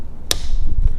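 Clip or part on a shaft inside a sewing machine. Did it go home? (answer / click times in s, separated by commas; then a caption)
yes / 0.3 s. During reassembly of a Brother XL3750 sewing machine, a clip or part on a shaft inside the machine is pressed from the back with a screwdriver. A single sharp, bright snap at 0.3 s stands out over a low background rumble. The part snaps into place, seated so it won't fall off.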